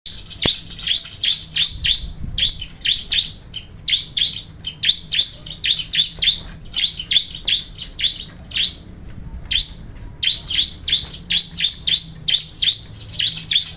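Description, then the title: Bar-winged Prinia calling: sharp, high chirps delivered in quick clusters of two to four, repeated steadily for the whole stretch with only brief pauses. "Suara Burung Ciblek"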